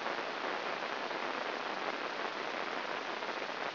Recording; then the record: brain microelectrode recording played as sound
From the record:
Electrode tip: inside the subthalamic nucleus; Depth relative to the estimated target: 0 mm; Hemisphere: right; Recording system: AlphaMap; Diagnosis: Parkinson's disease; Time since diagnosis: 11 years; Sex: male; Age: 66 years